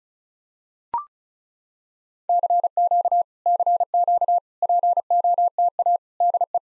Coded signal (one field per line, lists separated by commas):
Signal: Morse code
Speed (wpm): 36 wpm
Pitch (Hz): 700 Hz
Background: none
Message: CQ CQ POTA DE